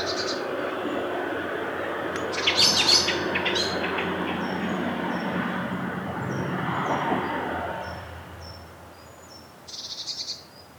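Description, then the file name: Eurasian blue tit uttering rasping, buzzy churrs at the start and near the end, with thin high notes between, over broad background noise. "Cyanistes caeruleus"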